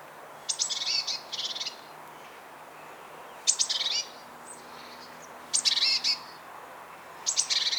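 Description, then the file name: Great tit scolding with rasping, buzzy chatter bursts, some doubled, recurring every two seconds or so against a quiet background. "Parus major"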